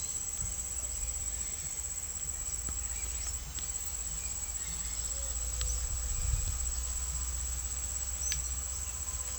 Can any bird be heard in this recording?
yes